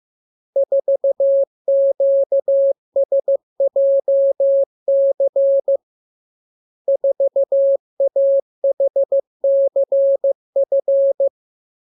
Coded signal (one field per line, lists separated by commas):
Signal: Morse code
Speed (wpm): 15 wpm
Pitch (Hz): 550 Hz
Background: none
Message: 4QSJC 4AHCF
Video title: Learning Morse Code. Lesson 37. Letter KMURESNAPTLWI.JZ=FOY,VG5/Q92H38B?47C1D